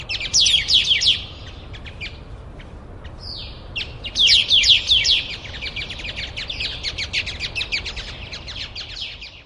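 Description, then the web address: Pale thrush giving two brief bursts of rapid, scratchy chirps with a thin whistle between them, then fainter scattered chirps, over a constant low hiss. Recorded in Taiwan. "白腹鶇"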